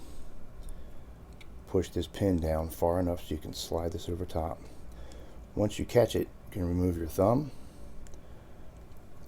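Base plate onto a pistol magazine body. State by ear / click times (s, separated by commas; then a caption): not seated / none. A base plate is lined up over the pushed-down pin on a Glock pistol magazine body, just before being pushed home, while someone talks. Only faint, light handling ticks are heard, and nothing has seated or clicked yet.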